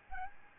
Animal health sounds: mosquito wingbeat signal from an infrared sensor; Aedes albopictus

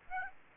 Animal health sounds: mosquito wingbeat signal from an infrared sensor; Aedes aegypti

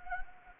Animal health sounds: mosquito wingbeat signal from an infrared sensor; Anopheles gambiae

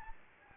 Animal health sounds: mosquito wingbeat signal from an infrared sensor; Anopheles gambiae

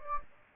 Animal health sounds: mosquito wingbeat signal from an infrared sensor; Anopheles gambiae

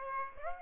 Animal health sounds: mosquito wingbeat signal from an infrared sensor; Aedes aegypti

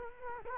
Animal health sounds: mosquito wingbeat signal from an infrared sensor; Culex quinquefasciatus

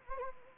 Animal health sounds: mosquito wingbeat signal from an infrared sensor; Anopheles gambiae

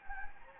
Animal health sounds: mosquito wingbeat signal from an infrared sensor; Anopheles gambiae

